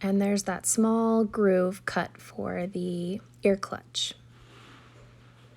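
A friction ear clutch, a metal earring back, is being handled near a handmade metal earring post with a small groove filed to hold it. Someone talks throughout, then there is quiet low background hiss. Nothing has seated or clicked yet.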